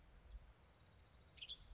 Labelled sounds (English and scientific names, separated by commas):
Western Tanager (Piranga ludoviciana)